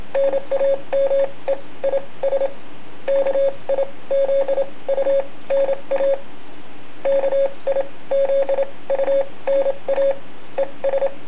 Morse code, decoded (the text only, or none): NAME IS KIZUNA KIZUNA ES